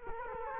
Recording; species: mosquito wingbeat signal from an infrared sensor; Culex quinquefasciatus